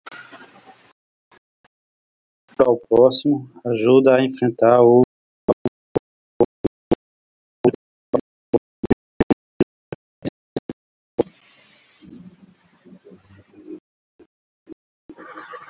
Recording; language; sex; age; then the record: spoken sentence; Brazilian Portuguese; male; 40 to 49 years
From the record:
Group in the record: control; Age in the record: 43 years